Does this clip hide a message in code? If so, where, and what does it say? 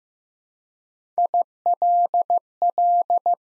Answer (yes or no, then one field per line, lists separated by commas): yes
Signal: Morse code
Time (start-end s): 1.2-3.3 s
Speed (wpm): 15 wpm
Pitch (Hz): 700 Hz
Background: none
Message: ILL